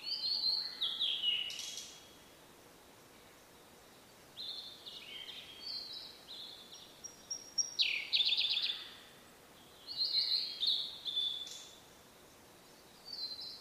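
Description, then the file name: Blue-and-white flycatcher singing several separate phrases of high whistled, falling notes, one holding a rapid rattling trill, with steady background hiss between. "oruri"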